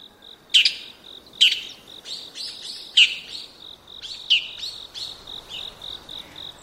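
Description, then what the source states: Bull-headed shrike's rasping, chattering calls, loud screeches about every second at first and then softer notes, with a continuous pulsed insect trill behind. Recorded at Yumura Onsen, Shimane Prefecture, Japan.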